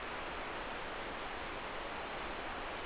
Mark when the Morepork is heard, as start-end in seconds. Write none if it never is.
none